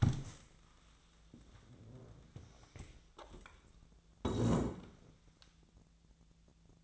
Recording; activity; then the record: daily activity, microphone in the room; stand up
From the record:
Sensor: 3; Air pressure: 1000.4 hPa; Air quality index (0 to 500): 170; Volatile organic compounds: 3 ppm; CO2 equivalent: 1483 ppm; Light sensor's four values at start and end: 15/34/15/15 and 14/34/15/15